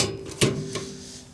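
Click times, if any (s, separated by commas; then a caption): 0.4 s. The flail drive engagement handle on the back of the mower is moved from disengaged toward the back into its locked position on the mower frame. A sharp metallic hit sounds at 0.4 s, followed by a softer knock at 0.8 s. The handle locks in place.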